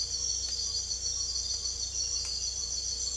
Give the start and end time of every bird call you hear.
[0.00, 3.16] bird call (0.8-1.8 kHz)

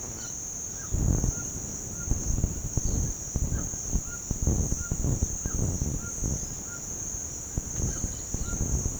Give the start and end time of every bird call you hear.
[0.13, 2.14] bird call (0.9-2.0 kHz)
[3.52, 6.85] bird call (1.0-1.8 kHz)
[7.80, 8.99] bird call (1.0-1.9 kHz)

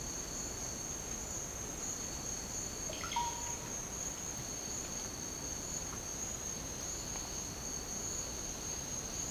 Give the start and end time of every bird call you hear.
[2.83, 3.60] bird call (0.4-3.7 kHz)

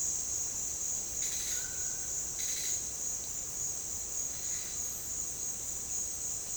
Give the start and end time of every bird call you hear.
[1.63, 2.19] bird call (1.0-1.5 kHz)
[4.33, 4.78] bird call (1.4-5.0 kHz)

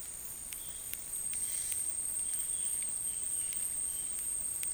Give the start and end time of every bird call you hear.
[0.54, 4.21] bird call (1.9-4.4 kHz)

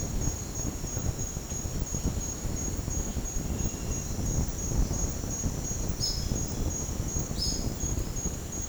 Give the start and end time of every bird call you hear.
[5.91, 6.36] bird call (3.5-5.5 kHz)
[7.34, 7.72] bird call (3.3-5.4 kHz)

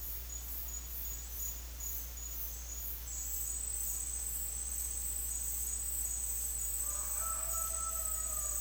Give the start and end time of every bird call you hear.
[6.79, 8.61] bird call (0.6-2.0 kHz)

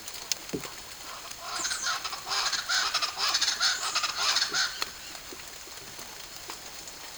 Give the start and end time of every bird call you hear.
[1.50, 4.73] bird call (0.3-8.4 kHz)

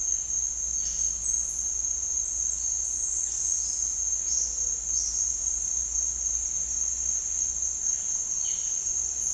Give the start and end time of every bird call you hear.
[3.50, 5.20] bird call (4.1-6.3 kHz)
[8.33, 8.71] bird call (1.2-5.1 kHz)

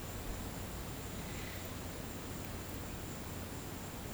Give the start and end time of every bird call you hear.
[1.22, 1.70] bird call (1.1-4.0 kHz)

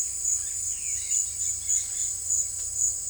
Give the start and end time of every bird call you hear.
[0.00, 2.31] bird call (0.9-5.5 kHz)

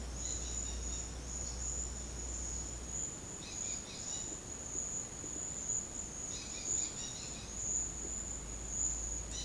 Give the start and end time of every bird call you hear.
[0.23, 1.58] bird call (2.9-6.3 kHz)
[3.49, 4.45] bird call (2.1-6.6 kHz)
[6.28, 7.55] bird call (2.1-6.2 kHz)

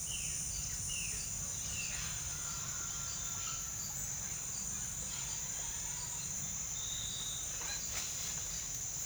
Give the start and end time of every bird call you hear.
[0.02, 2.02] bird call (1.1-3.8 kHz)

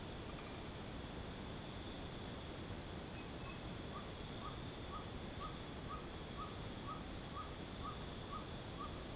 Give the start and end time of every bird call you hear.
[3.42, 8.92] bird call (0.9-1.6 kHz)

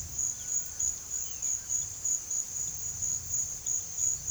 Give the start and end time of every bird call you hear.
[0.20, 1.69] bird call (1.1-3.7 kHz)

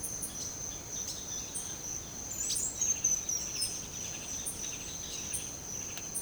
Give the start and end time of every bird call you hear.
[0.24, 1.57] bird call (2.0-5.3 kHz)
[2.71, 6.22] bird call (2.0-5.1 kHz)

